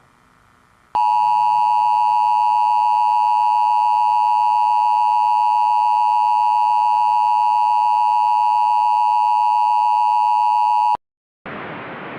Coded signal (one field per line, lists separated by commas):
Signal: Emergency Alert System (SAME) tones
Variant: 853 and 960 Hz attention tone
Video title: [EAS SCENARIO] DOOM IN BLOOM